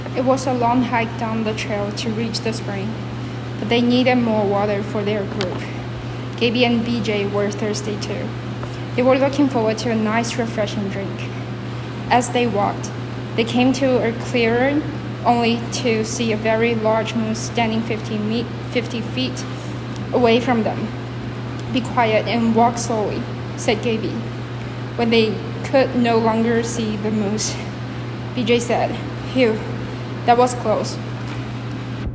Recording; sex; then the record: reading aloud after running; female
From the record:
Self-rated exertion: light exertion (2 of 6); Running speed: 6 miles an hour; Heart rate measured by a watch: 105 beats a minute at the start, 101 at the end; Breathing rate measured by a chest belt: 21 breaths a minute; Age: 24 years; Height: 163 cm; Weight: 52 kg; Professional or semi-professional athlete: no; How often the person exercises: 1 to 2 times a week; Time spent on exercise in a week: under 1 hour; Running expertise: no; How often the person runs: 1 to 2 times a week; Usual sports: interval training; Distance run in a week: 5 km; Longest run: 3 km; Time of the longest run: 30 minutes